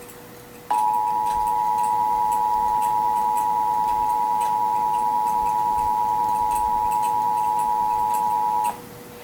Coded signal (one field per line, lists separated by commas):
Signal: Emergency Alert System (SAME) tones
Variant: 853 and 960 Hz attention tone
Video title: EAS Alert #2: Texas's Required Monthly Test at 5:00am (NO EOM)